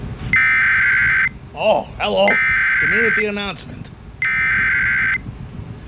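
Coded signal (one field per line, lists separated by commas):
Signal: Emergency Alert System (SAME) tones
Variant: header bursts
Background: speech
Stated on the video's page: Fictional zombie EAS scenario.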